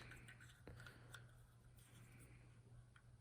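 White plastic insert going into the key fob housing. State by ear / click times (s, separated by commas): not seated / none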